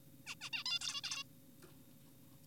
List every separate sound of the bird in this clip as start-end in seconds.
0.27-0.35, 0.41-0.50, 0.53-0.64, 0.66-0.79, 0.81-1.01, 1.04-1.24